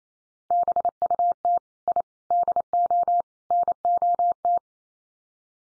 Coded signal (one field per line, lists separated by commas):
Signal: Morse code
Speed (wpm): 28 wpm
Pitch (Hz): 700 Hz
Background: none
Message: BUT I DO NOT